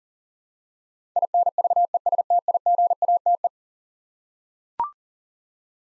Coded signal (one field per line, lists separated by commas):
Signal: Morse code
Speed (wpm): 37 wpm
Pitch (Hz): 700 Hz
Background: none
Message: INVESTIGATE